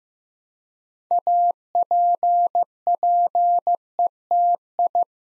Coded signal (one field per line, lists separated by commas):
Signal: Morse code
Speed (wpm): 15 wpm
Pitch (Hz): 700 Hz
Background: none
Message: APPETI